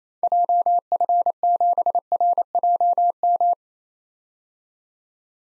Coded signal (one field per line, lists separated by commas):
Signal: Morse code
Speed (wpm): 28 wpm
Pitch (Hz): 700 Hz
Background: none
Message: JF7RJM